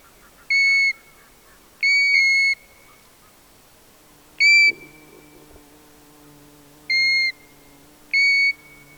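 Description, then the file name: European golden plover calls: five clear single whistles, spaced irregularly about one to two and a half seconds apart, over a faint low hum. "ljungpipare Pluvialis apricaria"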